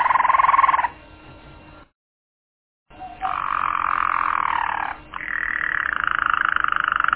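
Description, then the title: Canary song with sustained rolled trills switching abruptly between pitches, broken by a short silent gap, ending in a rapid pulsing roll. "kenarijos"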